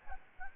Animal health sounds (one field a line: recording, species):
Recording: mosquito wingbeat signal from an infrared sensor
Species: Aedes albopictus